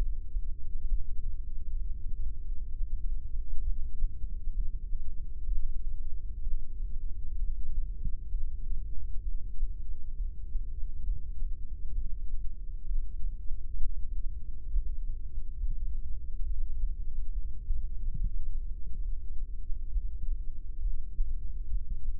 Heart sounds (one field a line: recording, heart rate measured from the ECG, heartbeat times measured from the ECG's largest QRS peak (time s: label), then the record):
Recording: heart sounds by microphone in the right ear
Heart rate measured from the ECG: 66 bpm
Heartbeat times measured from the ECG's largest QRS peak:
0.88 s: heartbeat
1.80 s: heartbeat
2.71 s: heartbeat
3.63 s: heartbeat
4.55 s: heartbeat
5.46 s: heartbeat
6.42 s: heartbeat
7.38 s: heartbeat
8.31 s: heartbeat
9.22 s: heartbeat
10.15 s: heartbeat
11.05 s: heartbeat
11.94 s: heartbeat
12.86 s: heartbeat
13.79 s: heartbeat
14.70 s: heartbeat
15.58 s: heartbeat
16.45 s: heartbeat
17.32 s: heartbeat
18.18 s: heartbeat
19.03 s: heartbeat
19.91 s: heartbeat
20.80 s: heartbeat
21.69 s: heartbeat
From the record:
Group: heart failure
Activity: rest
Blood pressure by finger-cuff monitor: 135/95 mmHg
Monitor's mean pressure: 108 mmHg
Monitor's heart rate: 66 bpm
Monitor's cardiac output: 5.9 L/min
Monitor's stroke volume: 91 mL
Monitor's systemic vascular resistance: 1350 dyn s/cm5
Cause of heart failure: idiopathic cardiomyopathy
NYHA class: 1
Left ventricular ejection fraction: 50%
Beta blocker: bisoprolol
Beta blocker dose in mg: 5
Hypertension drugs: candesartan, spironolactone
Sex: male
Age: 54 years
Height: 180 cm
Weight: 94.6 kg